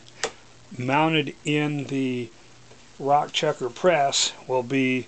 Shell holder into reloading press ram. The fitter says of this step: which will snap into place here and